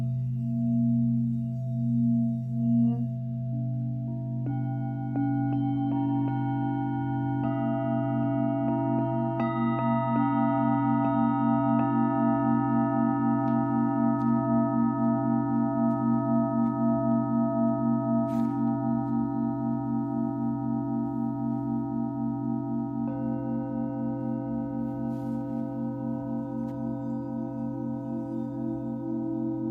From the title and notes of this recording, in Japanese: メキシコからシンギングボウルをお届け。